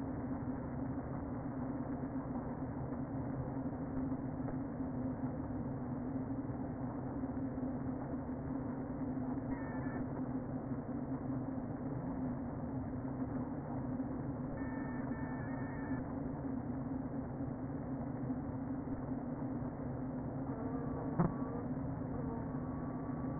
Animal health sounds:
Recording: honeybee colony, microphone inside the hive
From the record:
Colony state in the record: queen present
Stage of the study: before two queens were removed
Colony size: about 60,000 bees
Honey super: yes

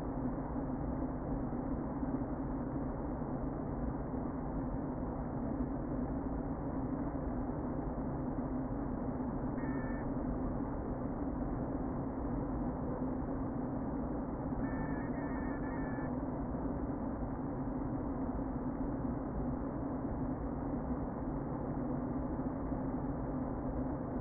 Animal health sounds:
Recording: honeybee colony, microphone inside the hive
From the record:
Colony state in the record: queen present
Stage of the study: before two queens were removed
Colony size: about 60,000 bees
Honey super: yes

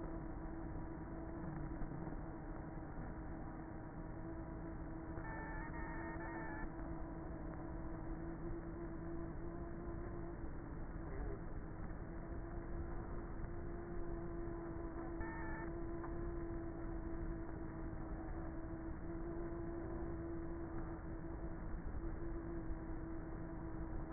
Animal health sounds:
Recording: honeybee colony, microphone inside the hive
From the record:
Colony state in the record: queenless with a low population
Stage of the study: before two queens were removed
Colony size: about 30,000 bees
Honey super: no

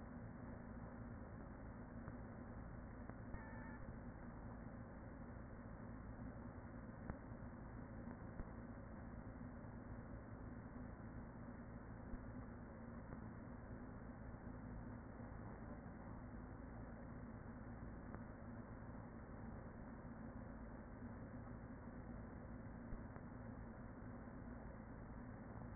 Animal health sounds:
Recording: honeybee colony, microphone inside the hive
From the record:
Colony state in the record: queen present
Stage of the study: after two queens were removed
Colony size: about 40,000 bees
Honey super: no

